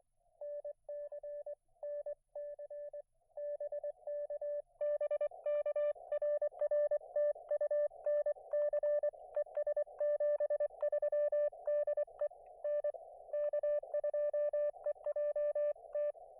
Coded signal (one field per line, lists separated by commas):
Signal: Morse code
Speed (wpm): 24 wpm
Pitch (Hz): 590 Hz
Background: none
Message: NC NC BK BK RR TU NC ES 73 DE N K2EJT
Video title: A little unplanned POTA at US-5221